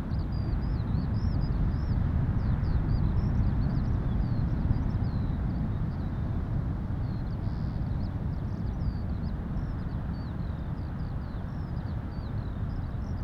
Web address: skylarks and distant thundering surf north of bude cornwall